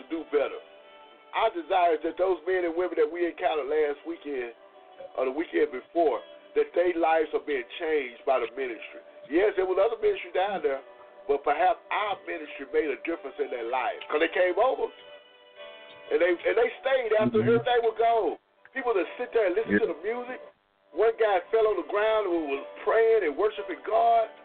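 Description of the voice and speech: One adult speaks fluently at a relaxed conversational pace, in phrases broken by short pauses, with clear, ordinary voice quality. A second voice briefly murmurs agreement. The only hesitation is a small self-repeat of the kind common in everyday speech.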